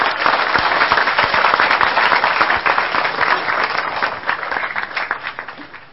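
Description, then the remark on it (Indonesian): Sustained audience applause, a dense crackle of many hands clapping at once, loud and steady before gradually thinning and fading toward the end. “Ya, sekali lagi tepuk tangan.”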